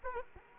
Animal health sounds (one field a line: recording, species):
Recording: mosquito wingbeat signal from an infrared sensor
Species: Aedes aegypti